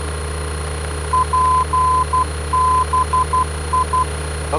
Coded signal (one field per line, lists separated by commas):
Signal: Morse code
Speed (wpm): 12 wpm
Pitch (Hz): 1020 Hz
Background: speech, radio noise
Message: PBI